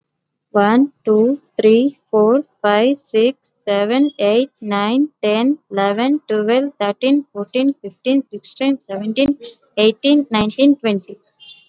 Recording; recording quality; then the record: counting at a normal pace; excellent, no background noise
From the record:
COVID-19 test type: RT-PCR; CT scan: not taken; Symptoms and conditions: none ticked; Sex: female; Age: 24 years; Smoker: no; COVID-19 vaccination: both doses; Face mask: worn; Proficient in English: yes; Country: India